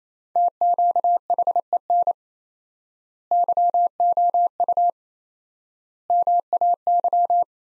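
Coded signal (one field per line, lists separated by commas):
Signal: Morse code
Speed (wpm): 28 wpm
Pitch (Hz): 700 Hz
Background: none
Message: TQHEN YOU MAY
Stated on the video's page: Morse practice sentences from the top 100 words at 28 wpm with 4x standard word spacing, a Farnsworth-like method applied to words.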